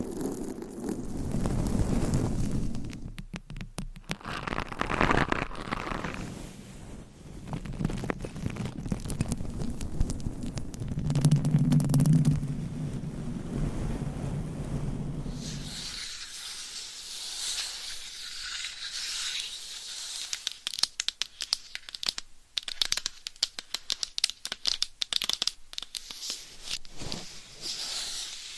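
Scratching and rubbing sounds shift every few seconds, starting with low, muffled rubbing and a softer stretch of steady brushing. Around sixteen seconds it turns brighter and crisper, with rapid scratchy taps and sharp clicks continuing to the end.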